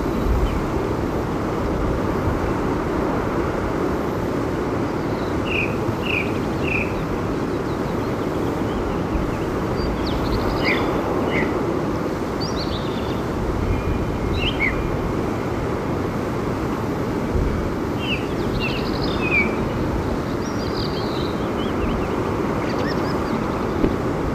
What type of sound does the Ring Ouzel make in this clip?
barking